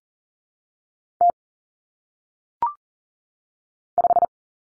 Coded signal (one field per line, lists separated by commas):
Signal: Morse code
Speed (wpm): 40 wpm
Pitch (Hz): 700 Hz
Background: none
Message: T 5